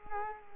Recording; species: mosquito wingbeat signal from an infrared sensor; Culex quinquefasciatus